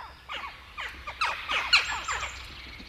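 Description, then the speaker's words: Western jackdaws chattering, a jumble of quick downslurred chack calls from several birds, tumbling over each other in brief bursts. Wintering flock chattering at roost trees in evening darkness. "Olisi hauska tietää, mitä naakat toisilleen illan pimeydessä selvittävät."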